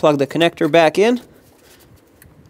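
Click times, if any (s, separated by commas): 2.2 s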